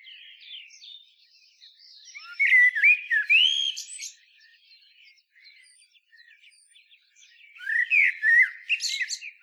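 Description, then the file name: Common blackbird song: two phrases of fluty warbling notes, each ending in high, strained twitters, with quieter chirping between them. "Turdus merula"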